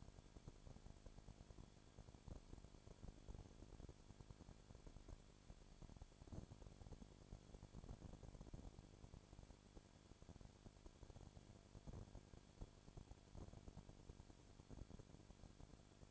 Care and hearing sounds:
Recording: daily activity, microphone in the room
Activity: no activity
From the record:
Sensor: 5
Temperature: 20.2 degrees Celsius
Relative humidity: 36.5%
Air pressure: 1001.2 hPa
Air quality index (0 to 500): 177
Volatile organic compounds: 4 ppm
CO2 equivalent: 1609 ppm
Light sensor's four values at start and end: 2/3/1/1 and 2/3/1/1

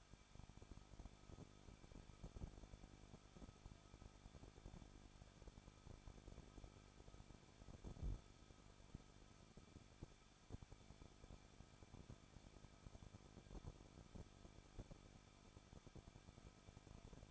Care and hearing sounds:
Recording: daily activity, microphone in the room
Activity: no activity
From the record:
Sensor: 5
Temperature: 20.9 degrees Celsius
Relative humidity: 38.1%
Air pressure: 1006.5 hPa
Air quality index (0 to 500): 187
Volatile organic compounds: 18 ppm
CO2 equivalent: 2628 ppm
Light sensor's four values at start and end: 2/3/1/1 and 2/3/1/1

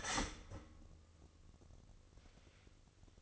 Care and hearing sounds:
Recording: daily activity, microphone in the room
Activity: start toaster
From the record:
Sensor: 4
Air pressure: 1008.1 hPa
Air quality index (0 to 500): 106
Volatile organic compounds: 1 ppm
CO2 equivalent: 783 ppm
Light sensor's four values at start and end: 9/20/8/8 and 10/21/9/9

